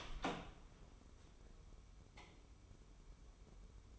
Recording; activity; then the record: daily activity, microphone in the room; open door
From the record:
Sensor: 1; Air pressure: 1015.2 hPa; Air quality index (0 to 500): 181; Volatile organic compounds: 16 ppm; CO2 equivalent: 2526 ppm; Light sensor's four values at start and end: 14/33/14/15 and 14/34/14/15